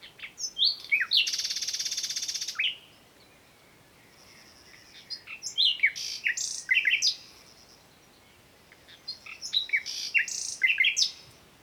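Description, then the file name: Common nightingale song: short notes and a loud buzzy rapid trill, then two bursts of varied sharp whistles and clicks separated by pauses of a couple of seconds. "Luscinia megarhynchos"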